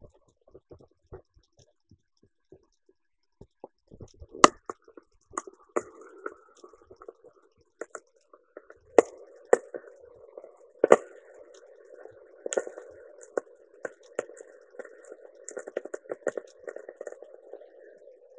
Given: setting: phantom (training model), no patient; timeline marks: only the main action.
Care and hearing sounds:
laparoscopic instrument, vibration sensor on the handle end
3.79-18.39 s: coagulation
From the record:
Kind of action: gesture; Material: ex-vivo porcine liver

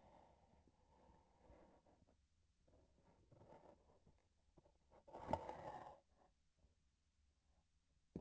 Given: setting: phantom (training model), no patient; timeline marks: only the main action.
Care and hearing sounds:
laparoscopic instrument, vibration sensor on the handle end
2.60-4.25 s: palpation
From the record:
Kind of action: gesture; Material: synthetic tissue

